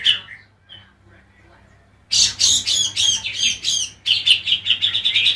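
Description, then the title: Oriental magpie-robin song: soft scattered whistles at first, then a sudden loud burst of harsh, buzzy chattering phrases followed by rapid repeated notes, over a faint low hum. "Kicau Kacer"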